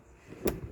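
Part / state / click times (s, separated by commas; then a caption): window stay arm into its locking detent on a motorhome window / seated / 0.5 s. A motorhome window (Burstner Nexxo Van T590G) is pushed open on its stay arms until the stay clicks into its locking detent and holds the window in position. After a low rumble, a short, sharp click sounds at 0.5 s, followed by a faint softer knock. The window stay is seated and the window holds open.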